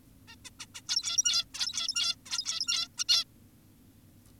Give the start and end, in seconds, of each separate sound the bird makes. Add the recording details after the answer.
0.28-0.36, 0.45-0.50, 0.60-0.66, 0.75-0.82, 0.89-1.45, 1.54-2.16, 2.26-2.88, 2.98-3.04, 3.09-3.24. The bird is an adult. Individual g17y2U